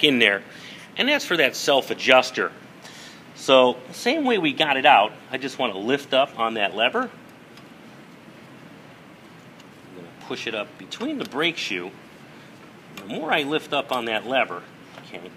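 A metal self-adjuster lever is lifted and worked up between the brake shoes of a drum brake assembly while someone talks. Only speech and faint handling sounds are heard. Nothing has clicked or locked into place yet.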